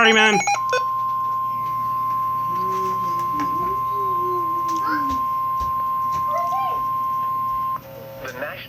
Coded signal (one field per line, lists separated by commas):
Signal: Emergency Alert System (SAME) tones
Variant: 1050 Hz attention tone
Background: speech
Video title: (EAS #24-25) DOUBLE HEADER! Severe Thunderstorm Warning for Stephenson and Ogle, Illinois